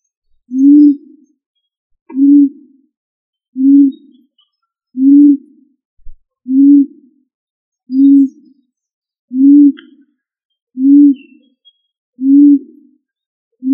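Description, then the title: Pigeon giving a steady series of about ten soft, low coos, evenly spaced roughly one and a half seconds apart, with a faint click or two in the background. "Familia ColumbidaePomba"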